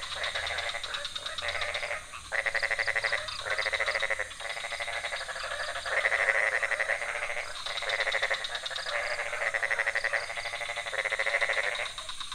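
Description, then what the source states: Frogs calling in repeated bursts of rapid pulses with short gaps between them. Several frog species calling at night in a pond near a hotel in Ubud, Bali, Indonesia; recorded with Sony PCM D50, Rode NT4 and Rode boompole.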